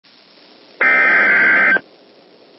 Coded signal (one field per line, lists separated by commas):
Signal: Emergency Alert System (SAME) tones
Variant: header bursts